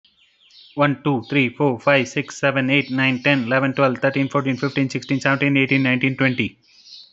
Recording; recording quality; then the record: counting at a fast pace; excellent, no background noise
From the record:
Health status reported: healthy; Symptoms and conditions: diabetes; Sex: male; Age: 40 years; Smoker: not ticked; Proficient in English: yes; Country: India